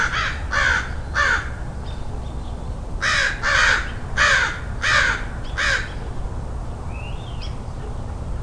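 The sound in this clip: Crow cawing in two bouts, three hoarse caws then five more, with a faint bird chirp near the end.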